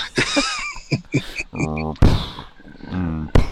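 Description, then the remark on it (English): A freezer door shuts with a dull, solid thunk, then a second thump lands near the end, with voices and buzzy, droning tones running underneath. “Somebody's closing a freezer part of door.”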